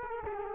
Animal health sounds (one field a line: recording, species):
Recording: mosquito wingbeat signal from an infrared sensor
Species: Culex quinquefasciatus